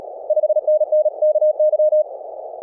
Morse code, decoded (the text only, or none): 5NN KY